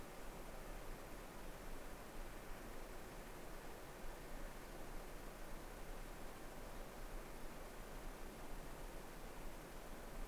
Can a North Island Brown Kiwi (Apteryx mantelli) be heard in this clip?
no